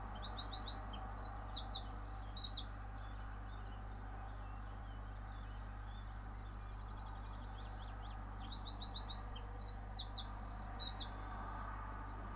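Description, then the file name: Bird song: quick bursts of high, sharp chirps and rattled trills, one run in the first four seconds and another from about eight seconds to the end, over a steady low rumble of traffic. Sung in the morning, with cars in the background. "Bird sings in the morning with cars in the background"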